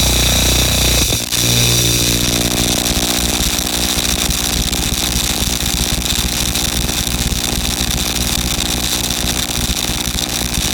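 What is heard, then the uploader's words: Film tins packed with nails, tacks and ball bearings rattle in a loud, dense, unbroken stream, with a steady droning buzz after a sharp jolt near one second. Fractures began as a small sound installation consisting of film tins filled with objects including nails, tacks, ball bearings and other miscellaneous objects. The film tins were then equipped with piezo microphones plugged into amps then placed atop upward facing speakers. The output was then captured by the microphones and piezos mixed by the second mixer and recorded by the reel-to-reel.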